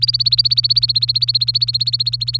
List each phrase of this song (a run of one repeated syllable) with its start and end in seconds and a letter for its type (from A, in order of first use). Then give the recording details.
0.00-2.37 A. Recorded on 24 April 2018 at 17:20. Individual llb3